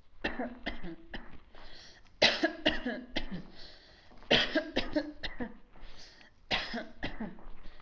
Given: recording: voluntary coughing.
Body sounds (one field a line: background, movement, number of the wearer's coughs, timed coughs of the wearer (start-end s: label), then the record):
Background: quiet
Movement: walking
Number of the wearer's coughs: 11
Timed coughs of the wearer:
0.22-0.64 s: cough
0.64-0.98 s: cough
0.98-1.32 s: cough
2.19-2.53 s: cough
2.63-3.14 s: cough
3.14-3.52 s: cough
4.28-4.74 s: cough
4.74-5.22 s: cough
5.22-5.68 s: cough
6.49-6.95 s: cough
7.01-7.42 s: cough
From the record:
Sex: female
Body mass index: 25.5 kg/m2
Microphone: on the chest, facing the body